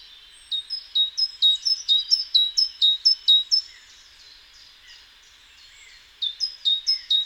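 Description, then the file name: Great tit song of clear see-saw phrases, each a high note falling to a lower one, delivered in a quick series, pausing, then resuming; faint chirps from other birds. "Parus major"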